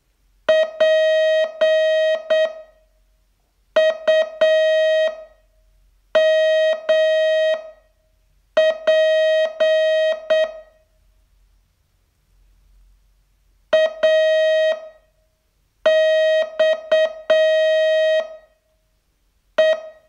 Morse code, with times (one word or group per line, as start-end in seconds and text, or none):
0.5-10.4 PUMP
13.7-19.7 AXE